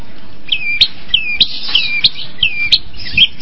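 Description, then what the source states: Long-tailed shrike song: short whistled notes that slide downward, each followed by a sharp click, repeated several times. Combination song style.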